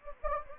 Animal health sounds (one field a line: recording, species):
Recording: mosquito wingbeat signal from an infrared sensor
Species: Anopheles gambiae